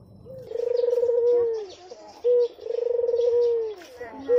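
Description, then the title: Barbary dove calling twice: each time a long, rolling, purring coo sinks at the close, followed by a short clipped coo. Light bird chatter sounds faintly behind. White Barbary dove; training (masteran) song for songbirds. "Kicau Mania Masteran Burung Puter Putih ORIGINAL"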